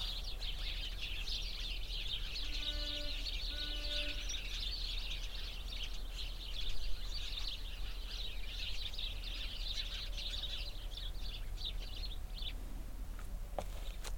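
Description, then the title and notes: Sparrows chattering: a dense, continuous wash of overlapping chirps from many birds, with wind rumble beneath. Many sparrows in a bush beside a cow pasture at Hupperdange, on a windy summer morning. "The sounds of a bush full of sparrows nearby a cow pasture on a windy summer morning."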